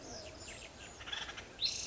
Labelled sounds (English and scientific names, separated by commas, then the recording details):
Acorn Woodpecker (Melanerpes formicivorus)
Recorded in Sonoma County, California